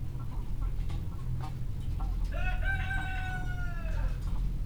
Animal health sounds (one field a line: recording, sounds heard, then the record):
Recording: poultry house recording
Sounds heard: sick chickens (respiratory disease)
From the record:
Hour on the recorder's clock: 17